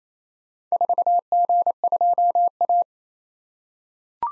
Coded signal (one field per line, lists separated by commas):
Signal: Morse code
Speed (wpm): 27 wpm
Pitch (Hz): 700 Hz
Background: none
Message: 4G2A